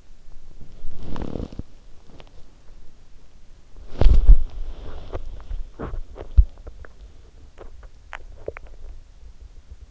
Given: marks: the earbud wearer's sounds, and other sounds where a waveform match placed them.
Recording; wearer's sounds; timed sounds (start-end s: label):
sounds in sleep by an in-ear microphone; body movement, swallowing, teeth grinding
0.00-9.63 s: body movement
6.60-7.09 s: swallowing
7.36-9.09 s: teeth grinding